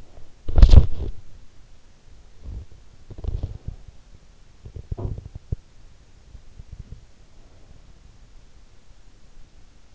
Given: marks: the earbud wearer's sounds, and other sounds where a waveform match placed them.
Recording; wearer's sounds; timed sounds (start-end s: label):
sounds in sleep by an in-ear microphone; body movement, breath
0.00-4.05 s: body movement
4.55-6.02 s: sound from someone else or the room
7.04-8.29 s: breath